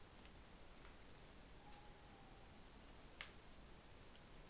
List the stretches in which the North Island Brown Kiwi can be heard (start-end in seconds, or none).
none